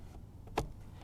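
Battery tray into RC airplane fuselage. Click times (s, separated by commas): 0.6 s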